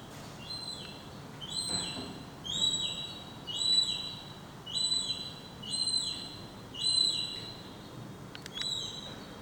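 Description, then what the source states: Gull chick giving thin, high, downslurred piping calls, roughly one each second, against a soft background hiss. Baby gull.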